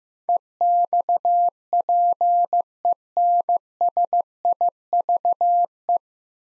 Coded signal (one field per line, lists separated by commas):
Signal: Morse code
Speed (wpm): 15 wpm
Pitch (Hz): 700 Hz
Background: none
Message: EXPENSIVE